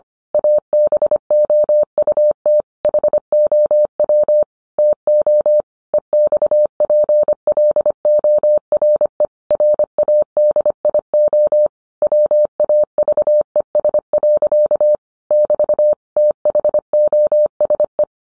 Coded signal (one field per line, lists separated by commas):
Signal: Morse code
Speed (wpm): 25 wpm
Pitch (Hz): 600 Hz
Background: none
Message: ABOUT HOW TO EXPLORE RADIO WAVES. <BT> THOSE